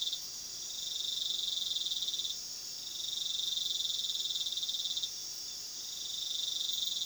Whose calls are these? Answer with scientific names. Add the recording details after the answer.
none. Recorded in pastures near Puerto Asís, Putumayo, Colombia, on 19 February 2024 at 22:00. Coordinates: 0.497, -76.327. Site G7276